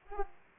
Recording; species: mosquito wingbeat signal from an infrared sensor; Aedes aegypti